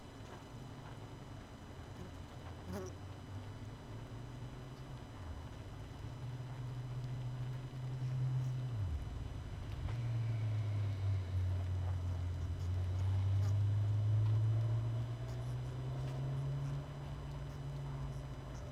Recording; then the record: honeybee colony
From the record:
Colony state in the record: missing queen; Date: 31 May 2018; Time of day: 20:40